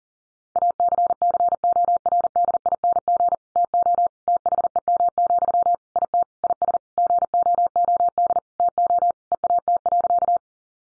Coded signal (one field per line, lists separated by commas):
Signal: Morse code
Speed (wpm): 40 wpm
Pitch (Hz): 700 Hz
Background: none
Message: ACCORDING TO THEM, IT IS GOOD TO EAT.